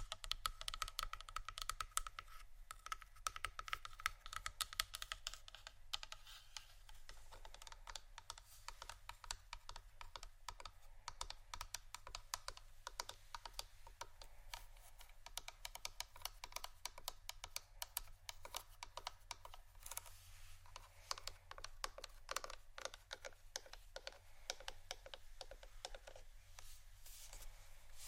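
Fingers tap and scratch on plastic bottles in a dense, uneven stream of sharp clicks for the whole half minute. The crisp ticks come quickly with little pause, bunching into busier flurries near the start and again around twenty seconds, over a steady low hum.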